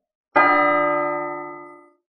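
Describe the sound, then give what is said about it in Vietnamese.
A large bell is struck once, its rich, layered ringing tone holding steady and then fading out over about a second and a half, with no voices. “Tiếng chuông lớn vang lên, tiếp dẫn sứ rốt cuộc ra mặt.”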